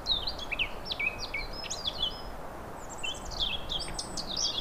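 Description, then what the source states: Eurasian blackcap delivering two quick bursts of jumbled, warbling high notes separated by a short pause, with steady hiss underneath. Recorded 23 April 2017 on a minidisc recorder.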